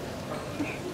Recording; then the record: coughing mixed with background sound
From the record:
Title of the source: 64 coughing, allergies, singing lungs